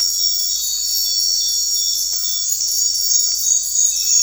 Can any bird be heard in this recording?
no